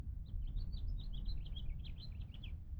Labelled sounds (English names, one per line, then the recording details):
House Finch song
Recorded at Lawrence on Long Island, New York, on 4 June 1975
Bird E